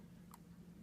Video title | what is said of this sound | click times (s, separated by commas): 🌎 Miele Dishwasher - DRAIN WON’T STOP (FIXED) 😃 | going to push that in and just push it until it clicks. Now we have a good watertight seal. | 0.3 s